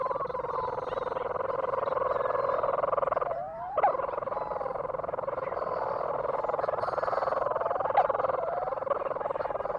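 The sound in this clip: Leach's storm-petrel churring in a steady, rapid purr, with a short break after about three and a half seconds ending in a rising squeak, then the purring continues.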